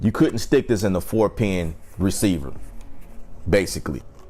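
A Fifine wireless lavalier microphone's 4-pin plug is handled near the wireless bodypack transmitter while someone talks throughout. The plug has not yet seated or clicked by the end of the clip, and the only sudden sound is a faint tick at the very end.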